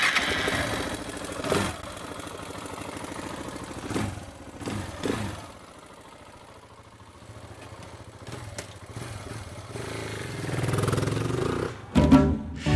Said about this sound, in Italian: Ho dato un paio di colpi di acceleratore, distratti, così, per fargli sentire il rumore del motore quattro tempi.